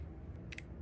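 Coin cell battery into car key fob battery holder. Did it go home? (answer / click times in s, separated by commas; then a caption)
no / none. A new CR2032 coin cell is handled as it is set bottom end first into the battery holder of a Ford F-150 key fob, to be pressed down until it snaps in. Two short, bright ticks come at about 0.5 and 0.6 seconds over a steady low background rumble. Nothing has seated or clicked into place yet.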